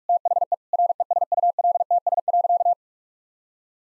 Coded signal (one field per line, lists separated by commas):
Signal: Morse code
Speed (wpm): 46 wpm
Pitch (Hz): 700 Hz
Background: none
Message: THE RESULTS.